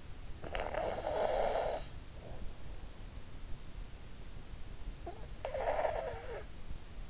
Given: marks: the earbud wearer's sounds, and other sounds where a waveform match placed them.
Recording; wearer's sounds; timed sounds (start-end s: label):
sounds in sleep by an in-ear microphone; snoring breath
0.19-2.53 s: snoring breath
4.70-7.10 s: snoring breath